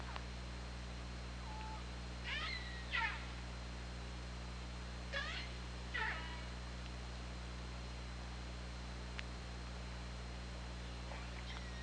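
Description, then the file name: Killer whale calls, two pairs of pulsed calls with rising-falling harmonics, plus a few faint tonal sweeps, over constant hum. Recorded by OrcaLab hydrophone on 24 August 2017 at 21:38:47. "Orca Lab UTLN JASON 20170824 213847"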